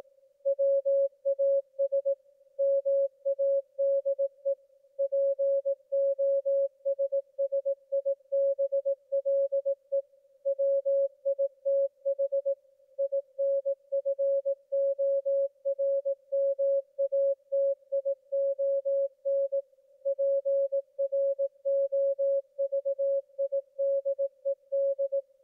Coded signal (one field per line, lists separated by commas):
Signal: Morse code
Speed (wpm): 18 wpm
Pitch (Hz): 550 Hz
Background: music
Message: WAS MADE POSSIBLE WITH INFORMATION PROVIDED